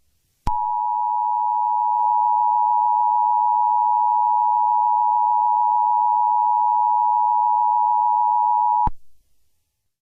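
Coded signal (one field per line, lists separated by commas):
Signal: Emergency Alert System (SAME) tones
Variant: 853 and 960 Hz attention tone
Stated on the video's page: Fictional EAS scenario, requested story, edited simulated alert.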